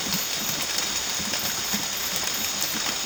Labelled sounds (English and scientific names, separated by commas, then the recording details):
none
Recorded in dense forest near Puerto Asís, Putumayo, Colombia, on 8 March 2025 at 03:00
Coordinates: 0.486, -76.317
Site G053